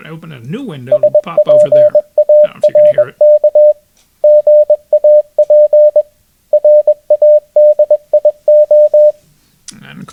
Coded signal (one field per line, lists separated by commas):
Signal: Morse code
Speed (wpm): 21 wpm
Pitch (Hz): 600 Hz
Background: speech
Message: SPARK GAP RADIO